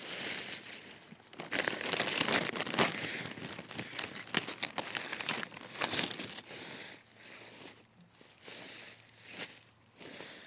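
Dry leaves rustle and crunch in a dense, crackling burst from about 1.5 to 6 seconds. After that the rustling thins into short, separate crinkles with brief quiet gaps, and a faint low hum sits underneath.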